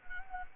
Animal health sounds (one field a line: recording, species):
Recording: mosquito wingbeat signal from an infrared sensor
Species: Anopheles gambiae